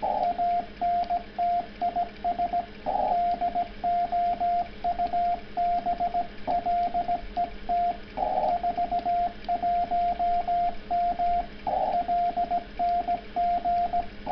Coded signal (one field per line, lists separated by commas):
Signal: Morse code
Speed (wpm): 17 wpm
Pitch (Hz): 690 Hz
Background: radio noise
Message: ANT IS DOUBLET 41M LNG